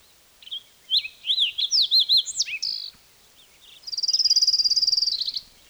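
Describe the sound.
Fox Sparrow song: varied, sweet whistled notes that bend up and down.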